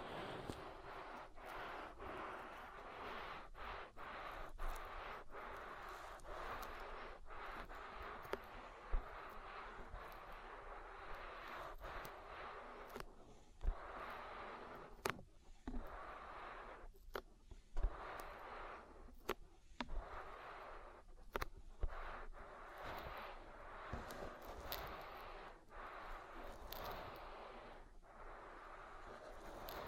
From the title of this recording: Oil Ear Massage